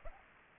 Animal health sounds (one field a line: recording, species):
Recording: mosquito wingbeat signal from an infrared sensor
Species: Aedes aegypti